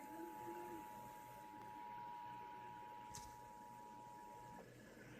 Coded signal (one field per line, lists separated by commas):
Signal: Emergency Alert System (SAME) tones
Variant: 853 and 960 Hz attention tone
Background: speech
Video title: EAS 61 - Severe Thunderstorm Warning